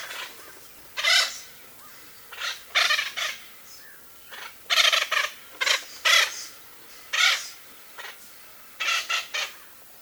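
Bird giving loud, raspy calls, several in quick pairs or short bursts, over a light hiss.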